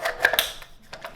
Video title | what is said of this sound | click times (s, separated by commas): Fixing the SAS-12 Part 2 - Magazine Catch Modification | here we go five rounder clicks | 0.2 s